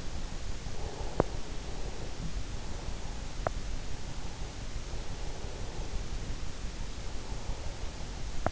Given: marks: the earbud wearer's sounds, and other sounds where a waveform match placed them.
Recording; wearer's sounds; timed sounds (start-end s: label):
sounds in sleep by an in-ear microphone; breath, teeth grinding
0.63-3.89 s: breath
0.76-1.40 s: teeth grinding
3.18-3.72 s: teeth grinding
4.37-8.52 s: breath
8.07-8.52 s: teeth grinding